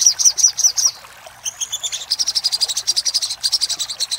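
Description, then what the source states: Little spiderhunter song: a few sharp high chirps, a brief gap, then a fast series of chip notes. For training cage birds.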